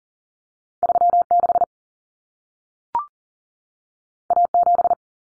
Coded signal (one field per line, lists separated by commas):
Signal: Morse code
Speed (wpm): 40 wpm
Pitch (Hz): 700 Hz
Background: none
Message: 36 A7